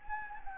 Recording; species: mosquito wingbeat signal from an infrared sensor; Anopheles gambiae